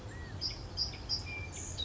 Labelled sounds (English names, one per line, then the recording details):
California Quail
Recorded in Sonoma County, California